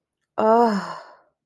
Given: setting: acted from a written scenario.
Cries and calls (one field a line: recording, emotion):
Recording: vocal sound without words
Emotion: awe